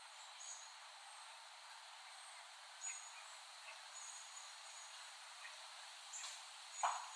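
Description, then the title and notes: Cicada drone as a continuous high hiss, overlaid by scattered brief high chirps and a few clicks. Recorded by Dan Bodah in West Brighton, Staten Island, late summer 2008. "Dronecast. The Cicadas of Summer. Recording of cicadas made by Dan Bodah in West Brighton, Staten Island, late summer 2008"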